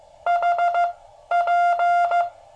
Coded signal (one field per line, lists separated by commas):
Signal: Morse code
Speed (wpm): 15 wpm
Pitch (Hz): 700 Hz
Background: none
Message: HP